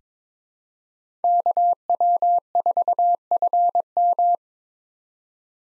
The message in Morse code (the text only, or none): KW4FM